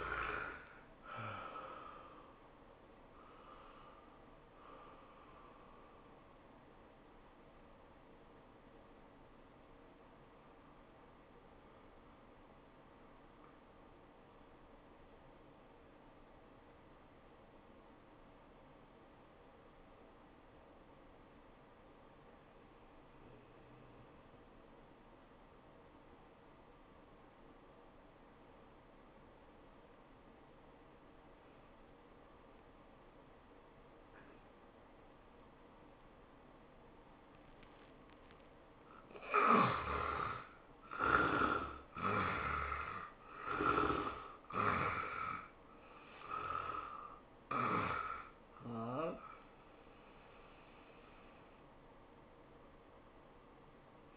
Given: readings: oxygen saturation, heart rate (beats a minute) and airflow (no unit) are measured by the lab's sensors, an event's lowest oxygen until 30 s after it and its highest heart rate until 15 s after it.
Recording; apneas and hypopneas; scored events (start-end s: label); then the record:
breathing in sleep by a voice recorder at the bedside; 1
7.00-39.00 s: hypopnea (N1, oxygen 95% highest, then 73% lowest, heart rate 95 at the start, 101 highest)
From the record:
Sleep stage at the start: N1 (lightest sleep); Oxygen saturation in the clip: 70 to 95%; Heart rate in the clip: 78 to 107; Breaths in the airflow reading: 9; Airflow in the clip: -14.7 to 15.6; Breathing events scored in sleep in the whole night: 403 in 5.5 hours asleep